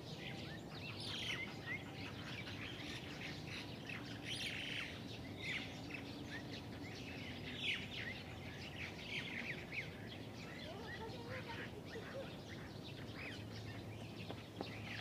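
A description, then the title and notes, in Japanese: Many birds of different kinds gather in a big tree in a park, calling over one another in a dense, continuous chatter. Bright chirps and squawks overlap throughout, with louder bursts around 1, 4, and 8 seconds, over a steady low rumble underneath. 公園、鳥がいっぱい。公園にある大きな木にいろんな種類の鳥が集まっていました。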